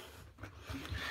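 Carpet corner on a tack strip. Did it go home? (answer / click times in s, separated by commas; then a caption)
no / none. A corner of installed carpet is pulled up off a tack strip, with only faint low rustling and a couple of soft bumps. Nothing snaps or clicks off the strip's pins; the carpet lifts silently because it was never stretched onto the tack strip.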